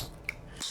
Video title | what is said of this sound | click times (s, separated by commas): Arabiyat Prestige Fragrance Review | Snaps into place. | 0.3 s